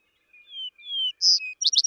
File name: Vesper Sparrow